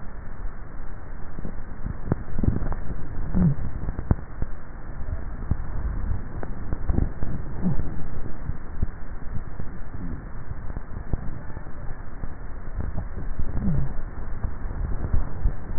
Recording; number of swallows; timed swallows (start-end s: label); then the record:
swallowing sounds by neck microphone; 3
2.42-3.38 s: swallow
4.98-5.62 s: swallow
12.75-13.45 s: swallow
From the record:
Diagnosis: dysphagia